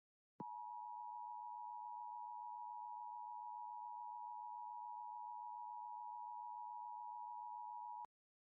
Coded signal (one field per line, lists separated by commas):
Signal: Emergency Alert System (SAME) tones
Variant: 853 and 960 Hz attention tone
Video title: Ridiculous EAS Scenario: McDonald's has run out of Big Macs (2011)